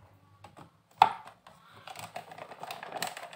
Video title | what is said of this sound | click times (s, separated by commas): Cara mudah ganti gigi mixer Philips..? | sudah ok tinggal kita pasang penutupnya temannya tapi nggak gini aja klik Ya seperti ini sudah terkunci | 1.0 s